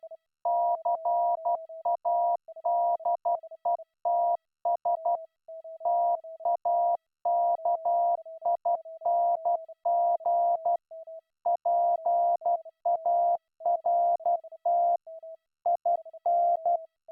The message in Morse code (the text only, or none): CADETS TAKING PART IN